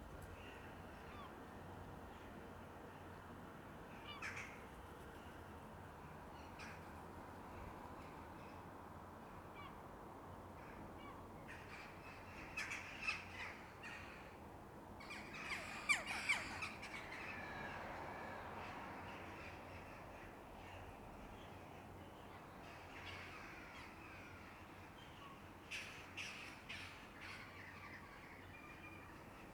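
Rooks call from a back yard at dusk, with scattered caws around 4, 7, 13, 15 to 17 and 26 seconds, the busiest stretch near the middle. The calls sound over a steady low rumble that runs throughout.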